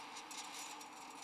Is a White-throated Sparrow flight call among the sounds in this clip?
no